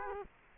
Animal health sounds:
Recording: mosquito wingbeat signal from an infrared sensor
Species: Culex quinquefasciatus

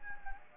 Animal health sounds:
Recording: mosquito wingbeat signal from an infrared sensor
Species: Anopheles gambiae

